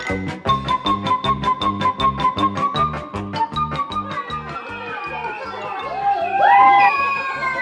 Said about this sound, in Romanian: Dar ce zăva asta de afară? Parcă ar fi iarne, iar pe dealurile de lângă palat s-ar da cu sanii o mulțime de copii.